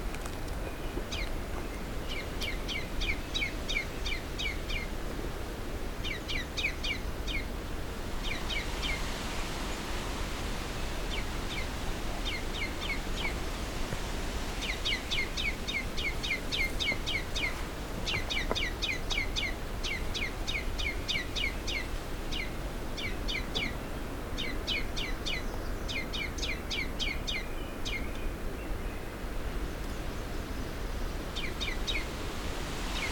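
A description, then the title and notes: Birds call in a cedar swamp: bursts of quick, bright, rapidly repeated chirps come every few seconds across the whole stretch, clustering thickly between about 15 and 27 seconds. Beneath them a steady, low rushing noise runs without a break. Scouting Pine Tree Harbour, Part 2. I’m continuing the hike along the trail north of Pine Tree Harbour, about to come across a cedar swamp with a very different mix of bird species than I’ve been finding around this area.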